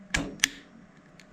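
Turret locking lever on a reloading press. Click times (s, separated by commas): 0.4 s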